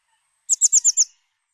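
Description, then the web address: Eurasian blue tit giving a quick burst of five thin, high notes, each sliding downward, all over in about half a second against silence. "Mesange bleue"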